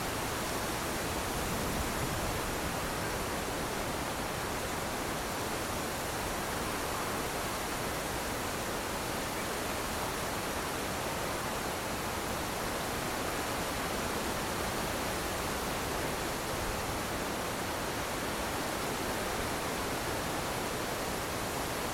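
A steady summer wind rushes through trees in a dense, unbroken hiss, bright and even throughout, with no distinct gusts or other sounds.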